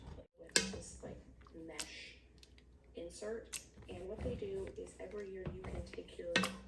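A small plastic snap on a mesh insert is pressed into place in a hanging-basket planter, which goes easier with soil in the planter because the lid helps it snap. A sharp snap at 0.6 s marks the snap seating, followed by a few faint taps and rustles. Someone talks throughout.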